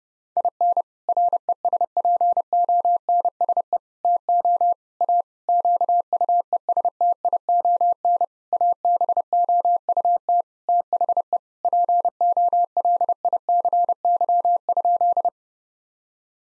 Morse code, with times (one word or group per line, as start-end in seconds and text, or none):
0.4-0.8 IN
1.1-3.8 RESPONSE
4.0-4.7 TO
5.0-5.2 A
5.5-8.2 QUESTION
8.5-10.4 ABOUT
10.7-11.4 THE
11.6-15.3 POLICY?